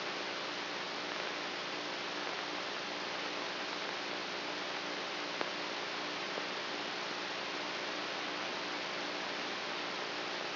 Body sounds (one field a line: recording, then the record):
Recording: brain microelectrode recording played as sound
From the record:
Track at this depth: inside the subthalamic nucleus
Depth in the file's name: 2.005 mm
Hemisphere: right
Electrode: 3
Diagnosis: Parkinson's disease